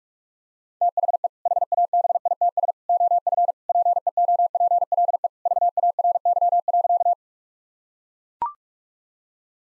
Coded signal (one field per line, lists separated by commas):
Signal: Morse code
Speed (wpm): 42 wpm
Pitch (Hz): 700 Hz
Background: none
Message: THE HABITS OF PEOPLE VARY.